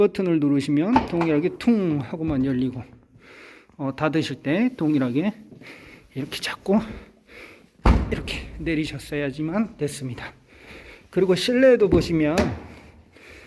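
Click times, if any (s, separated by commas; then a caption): 7.9 s. A Kia K5 DL3 trunk lid is held and lowered by hand to show manual closing before a power trunk is installed, while someone talks. A single sharp hit at 7.9 s is the trunk lid latch catching into its striker, and the lid is seated.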